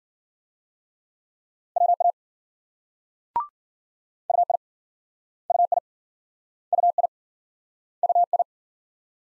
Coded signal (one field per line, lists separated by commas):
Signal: Morse code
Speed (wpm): 53 wpm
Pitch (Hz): 700 Hz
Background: none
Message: WA UI UI UI UI